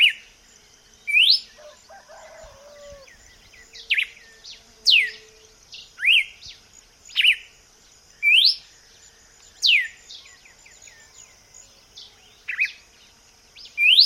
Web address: vocs paroaria dominicana